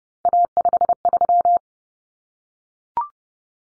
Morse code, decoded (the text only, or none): A53